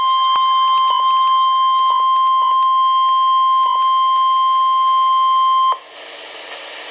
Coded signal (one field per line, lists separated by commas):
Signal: Emergency Alert System (SAME) tones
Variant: 1050 Hz attention tone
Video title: Severe Thunderstorm Warning #5 - 07/31/12 (EAS #293)